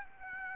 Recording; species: mosquito wingbeat signal from an infrared sensor; Aedes aegypti